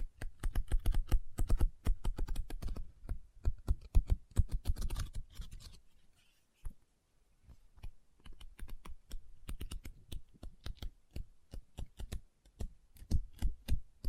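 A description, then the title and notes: Fingernails tap and scratch on a book in quick, dense bursts, with sharp clicks packed together for the first five seconds. A near-silent pause follows around six to eight seconds, then the tapping returns, sparser and more evenly spaced, through the end. Book Tapping, Scratching, Page Turning.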